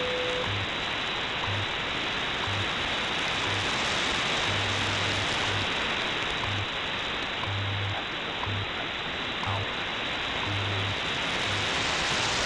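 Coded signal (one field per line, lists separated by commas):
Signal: radio time signal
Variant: WWV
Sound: loud hiss with faint low hum pulses every second, some longer; brief tone at start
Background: radio static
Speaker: this is wwv in fort collins colorado on 15 megahertz i am switching between three antennas right now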